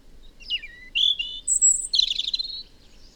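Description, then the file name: European robin song: thin, high whistles, the first sliding down, then a sharp very high note and a fast buzzy trill. "Erithacus rubecula"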